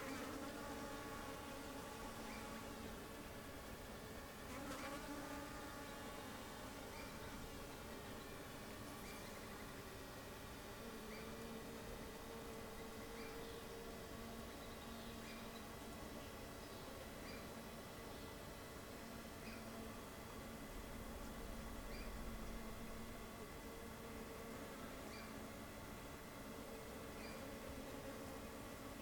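A cloudy night beside Taylor Lake: a steady, dense drone with faint high ticks scattered throughout and a brief low rumble near twenty-one seconds.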